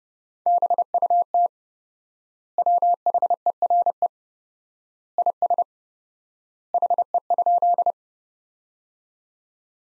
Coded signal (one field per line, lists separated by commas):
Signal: Morse code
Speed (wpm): 32 wpm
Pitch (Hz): 700 Hz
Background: none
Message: BUT WHERE IS HE?